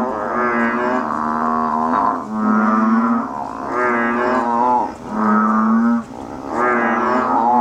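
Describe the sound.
Banded bullfrog calling: several long, droning moans with a rich harmonic tone, following one another almost without pause.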